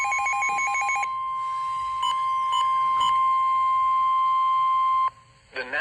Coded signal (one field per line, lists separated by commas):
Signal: Emergency Alert System (SAME) tones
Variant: 1050 Hz attention tone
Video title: Severe Thunderstorm Warning (EAS #814) 6/6/25